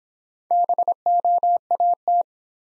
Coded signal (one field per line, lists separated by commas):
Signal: Morse code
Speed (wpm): 26 wpm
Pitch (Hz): 700 Hz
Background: none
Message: BOAT